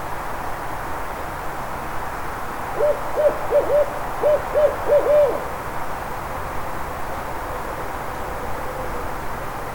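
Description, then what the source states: Barred owl hooting, a rhythmic series of about eight mid-pitched hoots in quick groups over a few seconds, against steady low background hum. Backyard in Atlanta.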